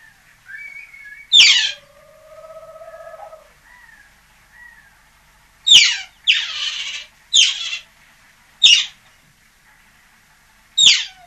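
European otter squeaks: sharp high chirps at irregular intervals, with a softer drawn-out whistle and a few faint tonal notes between them in a quiet background.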